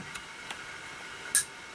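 The terminal on the striped positive wire is slid into the positive slot of a 12 V cigarette lighter plug housing. Faint ticks come at about 0.2 s and 0.5 s. A sharp, bright click at 1.4 s marks the terminal locking into place, seated.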